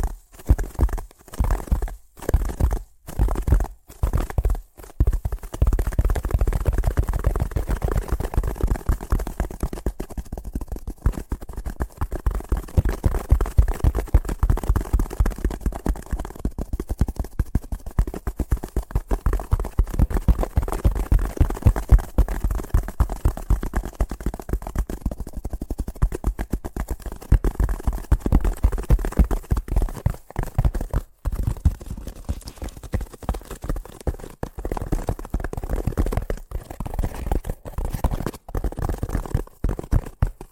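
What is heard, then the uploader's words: Fast tapping runs almost continuously, a dense, rapid patter of small knocks with a low, dull body. It starts sparse for the first few seconds, then fills in around five seconds and stays busy throughout, with brief gaps near ten, thirty and thirty-eight seconds. ASMR Braingasm Inducing Fast Tapping (No Talking).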